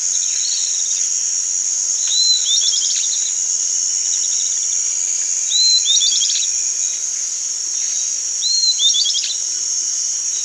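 Bird calling in bursts: an upslurred whistle into a fast run of high notes, three times, set against continuous high-pitched cricket-like trilling.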